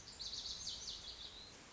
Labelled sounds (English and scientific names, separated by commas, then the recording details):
Lazuli Bunting (Passerina amoena)
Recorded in Sonoma County, California